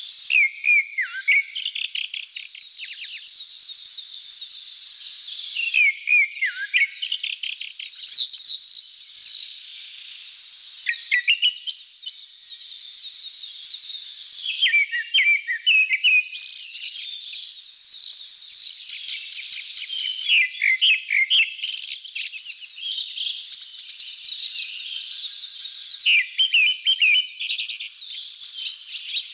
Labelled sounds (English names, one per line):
Grey-backed Thrush song